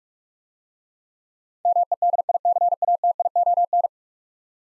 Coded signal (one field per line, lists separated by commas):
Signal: Morse code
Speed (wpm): 46 wpm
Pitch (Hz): 700 Hz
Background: none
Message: MEDICATION